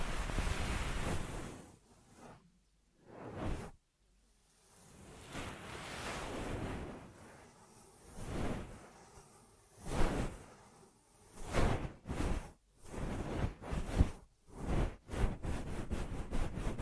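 Ear massage sounds: soft rubbing whooshes and swishes swell and fade, growing into quick, rhythmic strokes with brief silent gaps after twelve seconds.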